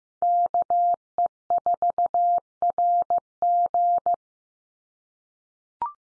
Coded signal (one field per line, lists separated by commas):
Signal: Morse code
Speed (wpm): 15 wpm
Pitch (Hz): 700 Hz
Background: none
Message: KE4RG